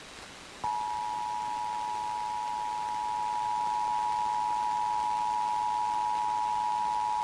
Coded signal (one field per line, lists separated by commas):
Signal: Emergency Alert System (SAME) tones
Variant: 853 and 960 Hz attention tone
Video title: 12-11-18 Colorado Required Monthly Tests (EAS #269 - #270)